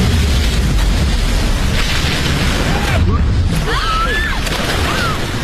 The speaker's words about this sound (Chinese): 临时搭建的玻璃舞台突然发生爆裂，导致整个剧院彻底倒塌。